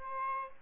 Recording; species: mosquito wingbeat signal from an infrared sensor; Aedes albopictus